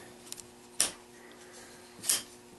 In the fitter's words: up locks into place also very solid now